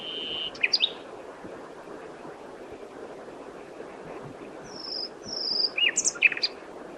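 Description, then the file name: Common nightingale song fragments: a short whistle and sharp notes at the start, a long quiet gap, then two slurred whistles and a burst of varied chirps. "Luscinia megarhynchos"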